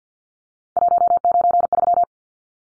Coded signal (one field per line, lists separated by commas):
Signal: Morse code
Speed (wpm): 50 wpm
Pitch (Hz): 700 Hz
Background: none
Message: 193